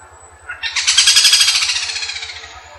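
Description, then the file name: Yellow-billed malkoha giving a single harsh, buzzy rattle of rapid pulses, swelling quickly then fading over about two seconds, over a faint low pulsing sound. Sulawesi. "suara kicauan burung kadalan sulawesi omkicau"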